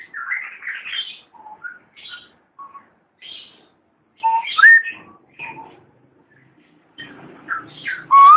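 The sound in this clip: Long-tailed shrike with softer, scattered song notes, mixing whistles and scratchy chips, ending in a louder rising whistle over faint low background noise.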